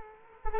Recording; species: mosquito wingbeat signal from an infrared sensor; Culex quinquefasciatus